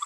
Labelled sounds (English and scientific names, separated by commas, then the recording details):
Green-rumped Parrotlet (Forpus passerinus) babbling
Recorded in a nest box in Venezuela
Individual 18B25A4